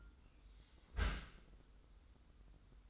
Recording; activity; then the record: daily activity, microphone in the room; close dishwasher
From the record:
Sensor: 3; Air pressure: 990.4 hPa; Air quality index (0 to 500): 193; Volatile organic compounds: 1000 ppm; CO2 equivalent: 6309 ppm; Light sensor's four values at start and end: 35/82/33/32 and 35/82/33/32